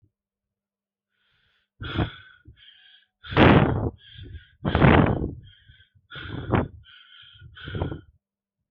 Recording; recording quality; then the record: shallow breathing; moderate, slight background noise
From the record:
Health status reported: healthy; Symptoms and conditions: none ticked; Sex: male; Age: 18 years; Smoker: not ticked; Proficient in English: yes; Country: India